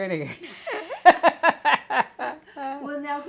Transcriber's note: laughs